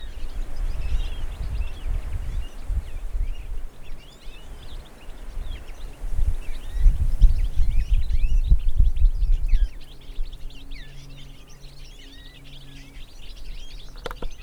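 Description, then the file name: European goldfinch twittering, quick liquid tinkling notes repeated in a lively tumbling run, with low rumbling noise in the background. "Carduelis carduelis"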